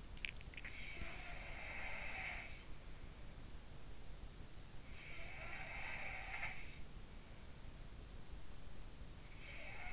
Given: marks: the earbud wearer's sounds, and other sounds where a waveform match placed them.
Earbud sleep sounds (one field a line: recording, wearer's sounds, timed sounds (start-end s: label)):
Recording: sounds in sleep by an in-ear microphone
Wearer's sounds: swallowing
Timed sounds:
0.00-1.24 s: swallowing
0.28-2.75 s: sound from someone else or the room
4.96-6.78 s: sound from someone else or the room